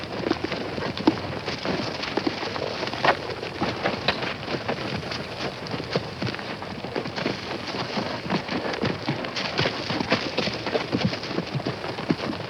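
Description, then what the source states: Horses in brush, a steady stream of dense crackling, rustling and thudding sounds with no clear whinny heard. A group of horses in brush.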